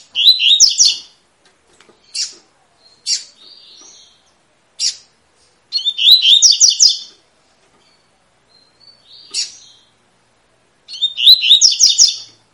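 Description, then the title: Double-collared seedeater singing three fast warbled phrases spaced about five seconds apart, with short sharp chip notes and a few softer whistled notes scattered between them. Tui-tui song style, a teaching song for young birds, from a bird described as spirited (fibra). "COLEIRO TUI TUI FIBRA"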